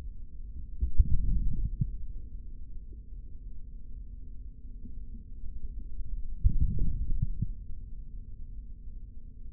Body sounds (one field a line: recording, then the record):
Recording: forearm muscle sounds (acoustic myography)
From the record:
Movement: hand closing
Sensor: system 3, bracelet of six PUI Audio POM-2738L microphones around the upper forearm, with dedicated amplification and filtering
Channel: 3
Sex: male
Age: 26 years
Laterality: right